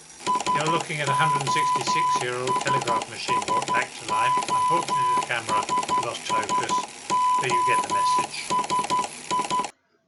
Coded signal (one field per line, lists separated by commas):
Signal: Morse code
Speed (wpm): 12 wpm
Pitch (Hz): 1000 Hz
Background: speech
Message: SOS SOS SOS I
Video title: Crimean War telegraph machine v3